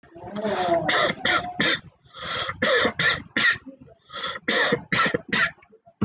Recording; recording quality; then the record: shallow voluntary cough; excellent, no background noise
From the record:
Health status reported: respiratory illness, not identified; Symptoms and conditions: cough, sore throat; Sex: male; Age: 19 years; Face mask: not worn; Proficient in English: yes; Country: India